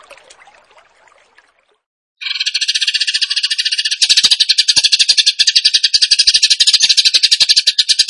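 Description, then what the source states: Bird song: a dense, buzzy, rattling chatter that starts abruptly after two seconds of near silence, then runs on as rapid rhythmic pulses, growing louder halfway through. Masteran (training recording for songbirds) in the gacor tembakan song style.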